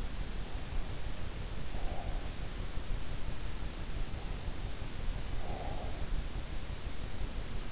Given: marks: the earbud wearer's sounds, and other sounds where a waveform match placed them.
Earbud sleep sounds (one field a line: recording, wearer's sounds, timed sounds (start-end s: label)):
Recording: sounds in sleep by an in-ear microphone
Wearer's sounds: breath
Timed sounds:
1.64-2.86 s: breath
5.23-6.51 s: breath